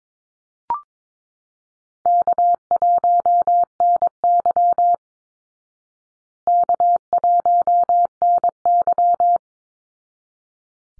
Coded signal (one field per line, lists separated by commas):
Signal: Morse code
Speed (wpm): 22 wpm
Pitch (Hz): 700 Hz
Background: none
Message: K1NY K1NY